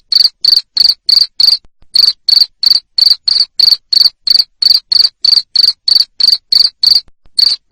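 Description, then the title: Cricket chirping in fast regular bursts, sharp and loud, with a couple of short pauses. Loud cricket chirping played to stimulate lovebirds to sing continuously. "Suara JANGKRIK NGERIK Keras Bikin LOVEBIRD Jadi NGEKEK Terus"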